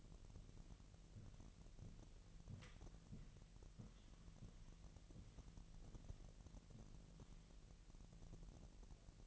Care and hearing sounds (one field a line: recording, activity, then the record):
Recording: daily activity, microphone in the room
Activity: walk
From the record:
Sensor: 4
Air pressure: 1002.9 hPa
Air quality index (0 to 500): 247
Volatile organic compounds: 28 ppm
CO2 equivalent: 2913 ppm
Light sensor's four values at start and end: 8/18/7/8 and 8/18/7/8